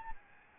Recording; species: mosquito wingbeat signal from an infrared sensor; Aedes albopictus